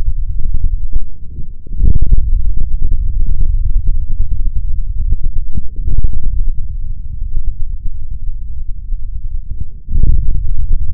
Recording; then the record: forearm muscle sounds (acoustic myography)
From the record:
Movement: forearm pronation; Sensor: system 3, bracelet of six PUI Audio POM-2738L microphones around the upper forearm, with dedicated amplification and filtering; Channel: 4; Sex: male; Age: 56 years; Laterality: right